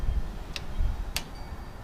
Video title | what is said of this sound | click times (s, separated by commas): Wiggle [] LifeLine Essential Torque Wrench MK2 [] First Look | I'm applying torque to the wrench and it just clicks can you hear that | 0.6 s, 1.2 s